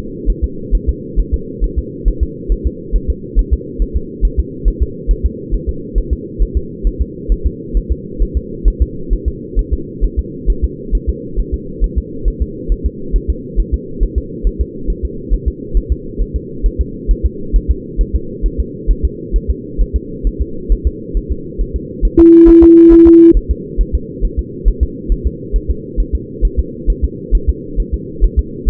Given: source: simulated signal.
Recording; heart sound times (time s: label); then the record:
fetal heart sounds
0.30 s: S1
0.44 s: S2
0.75 s: S1
0.89 s: S2
1.20 s: S1
1.34 s: S2
1.64 s: S1
1.79 s: S2
2.08 s: S1
2.23 s: S2
2.52 s: S1
2.67 s: S2
2.96 s: S1
3.10 s: S2
3.39 s: S1
3.54 s: S2
3.82 s: S1
3.97 s: S2
4.25 s: S1
4.40 s: S2
4.68 s: S1
4.83 s: S2
5.11 s: S1
5.26 s: S2
5.54 s: S1
5.69 s: S2
5.98 s: S1
6.13 s: S2
6.42 s: S1
6.57 s: S2
6.87 s: S1
7.02 s: S2
7.32 s: S1
7.47 s: S2
7.77 s: S1
7.92 s: S2
8.22 s: S1
8.37 s: S2
8.68 s: S1
8.82 s: S2
9.13 s: S1
9.28 s: S2
9.59 s: S1
9.74 s: S2
10.04 s: S1
10.19 s: S2
10.50 s: S1
10.64 s: S2
10.95 s: S1
11.10 s: S2
11.40 s: S1
11.54 s: S2
11.84 s: S1
11.98 s: S2
12.28 s: S1
12.42 s: S2
12.72 s: S1
12.86 s: S2
13.16 s: S1
13.30 s: S2
13.60 s: S1
13.74 s: S2
14.03 s: S1
14.18 s: S2
14.47 s: S1
14.61 s: S2
14.90 s: S1
15.05 s: S2
15.34 s: S1
15.48 s: S2
15.77 s: S1
15.92 s: S2
16.22 s: S1
16.36 s: S2
16.66 s: S1
16.81 s: S2
17.11 s: S1
17.26 s: S2
17.56 s: S1
17.71 s: S2
18.01 s: S1
18.16 s: S2
18.46 s: S1
18.60 s: S2
18.91 s: S1
19.05 s: S2
19.36 s: S1
19.50 s: S2
19.81 s: S1
19.96 s: S2
20.27 s: S1
20.42 s: S2
20.72 s: S1
20.87 s: S2
21.17 s: S1
21.32 s: S2
21.61 s: S1
21.76 s: S2
22.05 s: S1
22.20 s: S2
22.49 s: S1
22.63 s: S2
22.93 s: S1
23.07 s: S2
23.37 s: S1
23.51 s: S2
23.81 s: S1
23.95 s: S2
24.25 s: S1
24.39 s: S2
24.68 s: S1
24.83 s: S2
25.12 s: S1
25.27 s: S2
25.56 s: S1
25.70 s: S2
26.00 s: S1
26.15 s: S2
26.45 s: S1
26.59 s: S2
26.90 s: S1
27.04 s: S2
27.35 s: S1
27.49 s: S2
27.80 s: S1
27.94 s: S2
28.24 s: S1
28.39 s: S2
28.69 s: S1
From the record:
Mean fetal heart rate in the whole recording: 135 bpm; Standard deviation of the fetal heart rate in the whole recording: 3 bpm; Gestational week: 36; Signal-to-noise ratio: -4.3 dB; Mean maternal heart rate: 72 bpm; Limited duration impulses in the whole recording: present